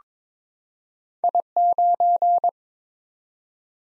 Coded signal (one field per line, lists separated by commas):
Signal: Morse code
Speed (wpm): 22 wpm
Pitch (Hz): 700 Hz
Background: none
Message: I9